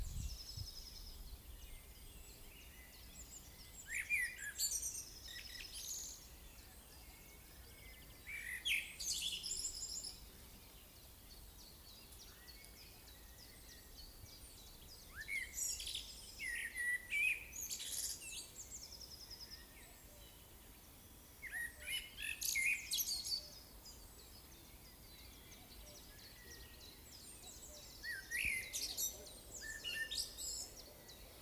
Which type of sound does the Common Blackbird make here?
song